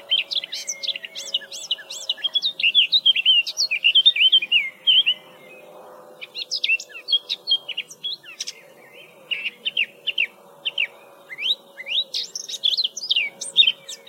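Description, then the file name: Eurasian blackcap pouring out long bouts of lively chattering warble with slurred whistles, briefly pausing midway before resuming, a steady low hum throughout. "Sylvia atricapilla"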